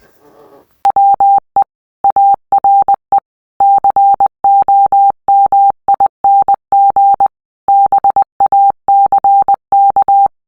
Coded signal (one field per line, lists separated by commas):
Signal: Morse code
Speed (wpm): 20 wpm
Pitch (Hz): 800 Hz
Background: none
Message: WE ARE COMING BACK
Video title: What is morse code